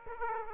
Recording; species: mosquito wingbeat signal from an infrared sensor; Aedes aegypti